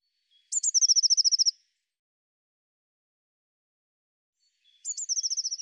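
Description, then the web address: Eurasian blue tit giving two thin high notes followed by a fast, even trill lasting about a second; the phrase sounds twice, roughly four seconds apart, in silence. "cianscape birddata Deverinetal 2025 File cleaned normalized Bird Cy Ca"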